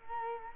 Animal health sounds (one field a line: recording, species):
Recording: mosquito wingbeat signal from an infrared sensor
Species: Culex quinquefasciatus